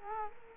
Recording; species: mosquito wingbeat signal from an infrared sensor; Culex quinquefasciatus